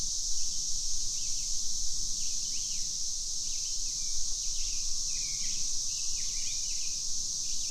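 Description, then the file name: Cicada chorus forms a continuous shrill buzzing wash, with scattered short bird chirps and slurred whistles breaking through over a low rumble. Cicadas recorded together with birds, Little Grand, June 2015. "Cicadas Plus Birds Little Grand Jun 2015"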